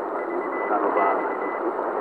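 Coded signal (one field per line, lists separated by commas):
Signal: Morse code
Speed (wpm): 22 wpm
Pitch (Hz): 2000 Hz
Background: speech, radio noise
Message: VX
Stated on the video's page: Unidentified Morse heard alongside an unknown shortwave broadcast on 6000 kHz, received on a Tecsun radio.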